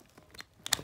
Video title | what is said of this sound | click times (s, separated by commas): How I set up my scuba diving gear | let go of it you should hear a click and then just pull out it a few times | 0.7 s